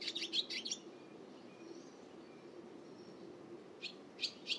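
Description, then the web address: Bird twitter with a short run of fast high chirps at the start, a quiet stretch of low hiss, then a few sharp notes near the end. "Bird Only"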